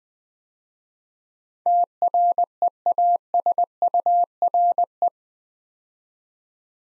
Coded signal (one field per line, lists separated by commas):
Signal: Morse code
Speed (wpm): 20 wpm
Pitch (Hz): 700 Hz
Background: none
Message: TREASURE